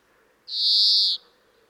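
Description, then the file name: European greenfinch producing a single strong, even, buzzy wheeze lasting under a second against a quiet background. "Chloris chloris"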